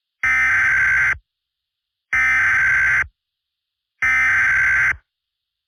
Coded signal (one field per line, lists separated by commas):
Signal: Emergency Alert System (SAME) tones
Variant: header bursts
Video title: The World on Notice: Remastered (EAS Scenario)